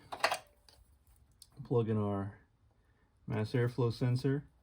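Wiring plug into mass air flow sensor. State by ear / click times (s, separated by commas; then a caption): not seated / none. An electrical wiring plug is handled and pushed toward the mass air flow sensor on the intake of a 1995 Mustang during a lower intake manifold reinstall, with a few brief handling taps in the first 1.5 seconds. Someone talks. Nothing has seated or clicked yet.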